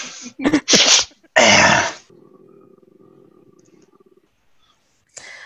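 A single adult sneeze: a brief intake then a loud, sharp, hissing burst, followed by faint low hum.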